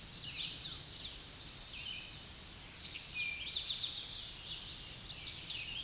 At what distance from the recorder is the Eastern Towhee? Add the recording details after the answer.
about 20 m. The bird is about 5 m above the microphone. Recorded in a Pennsylvania forest on 16 May 2024 at 07:51. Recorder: AudioMoth, point MSD-1401. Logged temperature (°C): 16.4 °C. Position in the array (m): 95 m, 157 m